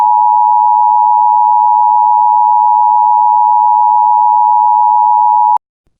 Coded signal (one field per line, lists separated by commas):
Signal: Emergency Alert System (SAME) tones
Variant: 853 and 960 Hz attention tone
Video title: EAS Scenario Blue Retaliation